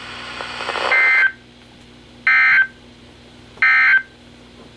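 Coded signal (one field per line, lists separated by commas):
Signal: Emergency Alert System (SAME) tones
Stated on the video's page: Special marine warning and winter storm warnings received from NOAA Weather Radio stations.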